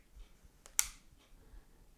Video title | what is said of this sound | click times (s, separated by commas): Recommendation! The three best Canon FD standard zoom lenses for analog and digital! | and turn the lenses until it makes a click | 0.8 s